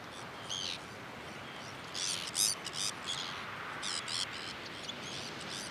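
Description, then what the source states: Sabine's gull calls: scattered, grating, high-pitched notes in brief clusters, separated by quieter gaps over a steady background hiss. Recorded on Jan Mayen on 14 July 2024.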